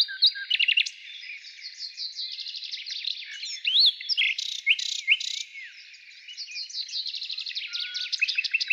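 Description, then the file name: Nightingale song with long runs of fast repeated notes, buzzy blocks and short whistles, continuing almost without a break. Heard in the morning. "Utro i solovey"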